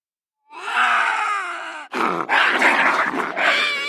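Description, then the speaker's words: Bobcat: a drawn-out, harmonic, wailing yowl, then harsh, noisy, growling bursts that break and restart. Possibly the sound made when one bobcat comes across another in the forest. "That one might be a sound that they make when coming across another bobcat in the forest."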